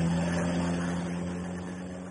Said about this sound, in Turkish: İşte müfettiş Crane. Lewis arabasıyla siteden çıkıyor.